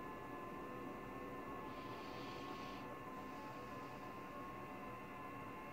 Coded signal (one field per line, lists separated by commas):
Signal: FT8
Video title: Z81D, South Sudan, AFRICA, FT8, Worked by HL2WA